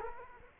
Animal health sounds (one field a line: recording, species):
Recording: mosquito wingbeat signal from an infrared sensor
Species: Culex quinquefasciatus